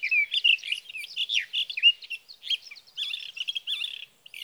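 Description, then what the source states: Sage thrasher song: quick jumbled warbling with rising and falling slurred notes, loud bursts mixed with softer phrases. Male singing through the night near his night roost, evenings of June 12 to mornings of June 15, 2018, Sierra Valley, California; recorded with a Swift recorder.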